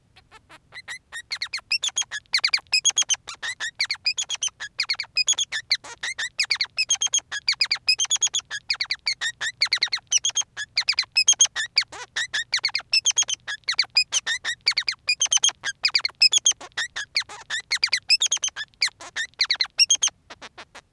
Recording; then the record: song of a male Bengalese finch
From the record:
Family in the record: son of father 3